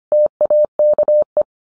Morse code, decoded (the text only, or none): TAKE